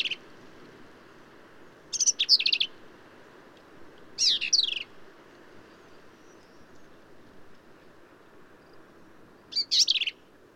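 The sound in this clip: Black-capped vireo singing a few short, harsh, chattering phrases separated by quiet gaps.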